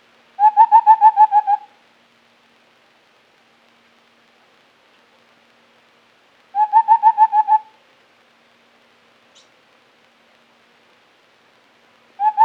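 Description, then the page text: White-browed scimitar babbler giving rapid series of hollow, evenly pitched hoots, about nine notes a burst, repeated roughly every six seconds with silence between. "White-Browed Scimitar Babbler Call. Quick Sounds"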